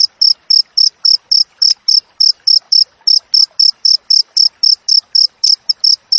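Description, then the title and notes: Cricket song: rapid, high-pitched chirps near four per second. Wild cricket with clear, closely spaced chirps, used as tutor audio for training songbirds and to repel rats. "Masteran Jangkrik Alam Jernih, Jeda Rapat Cocok Untuk Masteran Burung Dan Mengusir Tikus. suara jangkrik"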